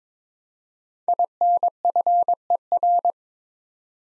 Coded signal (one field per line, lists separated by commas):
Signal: Morse code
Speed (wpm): 23 wpm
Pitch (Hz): 700 Hz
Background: none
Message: INFER